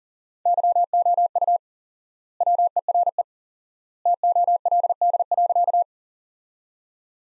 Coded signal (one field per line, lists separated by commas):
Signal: Morse code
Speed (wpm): 40 wpm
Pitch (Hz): 700 Hz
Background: none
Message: YOU WERE TOLD.